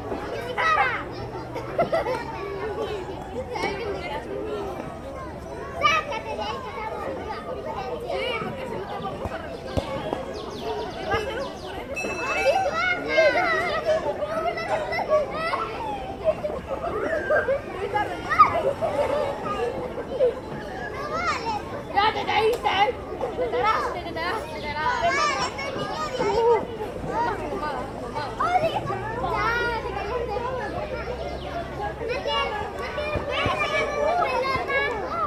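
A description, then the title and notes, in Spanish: Children laugh and chatter in the street, their voices overlapping in a constant busy stream for the full half minute. Shouts and bright calls rise now and then over the crowd noise, with a low traffic hum underneath. Efecto de sonido- Niños riendo en la calle.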